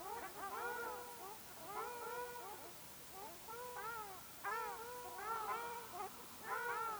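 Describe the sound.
Ruddy shelduck calls: drawn-out nasal honks repeated in short series, several birds overlapping.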